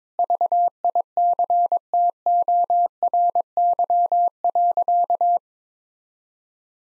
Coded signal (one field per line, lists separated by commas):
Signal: Morse code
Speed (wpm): 22 wpm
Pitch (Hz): 700 Hz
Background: none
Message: VICTORY.